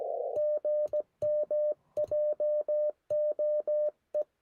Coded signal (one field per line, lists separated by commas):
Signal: Morse code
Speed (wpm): 17 wpm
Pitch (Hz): 590 Hz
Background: none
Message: GM JOE